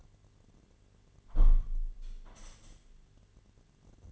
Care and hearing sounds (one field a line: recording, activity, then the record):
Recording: daily activity, microphone in the room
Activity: close window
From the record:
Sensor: 4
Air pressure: 1007.4 hPa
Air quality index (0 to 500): 200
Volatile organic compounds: 7 ppm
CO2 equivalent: 1995 ppm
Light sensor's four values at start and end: 23/73/28/27 and 23/73/28/27